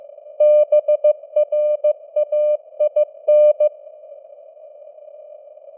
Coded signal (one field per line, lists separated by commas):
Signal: Morse code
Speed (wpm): 15 wpm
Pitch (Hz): 600 Hz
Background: none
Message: BRAIN